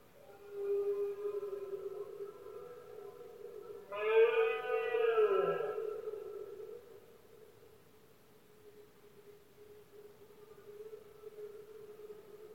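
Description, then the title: Red deer roaring: a drawn-out moan builds into one loud, rough, harmonic bellow of about two seconds, then fades into softer moaning over a steady background hum. Male red deer bellowing during the rut, known in Spain as berrea or brama del ciervo; best heard at night. "Paisaje sonoro: Berrea"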